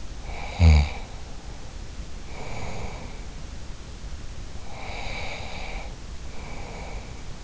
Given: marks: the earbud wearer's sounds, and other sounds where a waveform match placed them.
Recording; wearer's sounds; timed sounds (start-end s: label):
sounds in sleep by an in-ear microphone; snoring breath, breath
0.17-3.27 s: snoring breath
4.53-7.44 s: breath